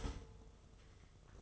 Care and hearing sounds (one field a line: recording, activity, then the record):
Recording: daily activity, microphone in the room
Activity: start toaster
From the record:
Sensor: 4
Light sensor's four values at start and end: 4/8/3/2 and 4/8/3/3